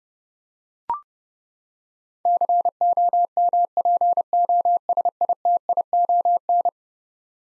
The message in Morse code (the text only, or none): COMPOSITION